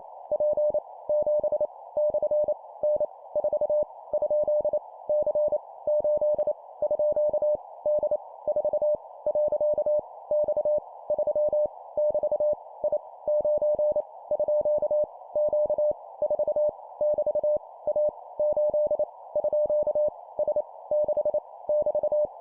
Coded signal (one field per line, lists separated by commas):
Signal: Morse code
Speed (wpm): 28 wpm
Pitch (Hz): 600 Hz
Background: none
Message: P 7 / N 4 ? C 8 _ D 4 . X 3 <BT> I 9 _ Q 4 <BT> A 8 _ S 6 <BT>